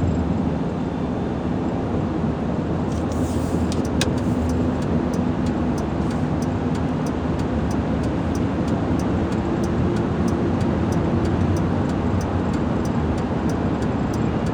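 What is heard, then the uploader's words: Highway road noise rolls on as a thick, steady rumble from start to finish, heaviest in the low end. From about three seconds in, a turn signal starts clicking at a quick, even pace, roughly twice per second, and continues to the end. Travel with me from Central Phoenix to my office in Chandler, Arizona. It’s mostly highway so great amount of ambient sounds coming from the road in my Ford F-150 pickup truck. The occasional turn signal or lane-change signal as I turn to get on the freeway or change lanes throughout my morning commute.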